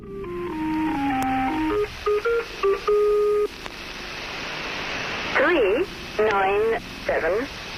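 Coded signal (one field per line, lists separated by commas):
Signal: numbers station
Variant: Lincolnshire Poacher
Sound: short electronic folk-tune bars, a pause of hiss, then a synthetic voice reading words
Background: radio static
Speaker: after the poacher played a British female voice sounding like synthesized electronics would read groups of numbers and fives like zero three six nine nine four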